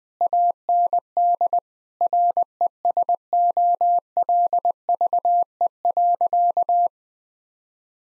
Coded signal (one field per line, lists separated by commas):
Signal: Morse code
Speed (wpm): 20 wpm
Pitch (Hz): 700 Hz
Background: none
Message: AND RESOLVE.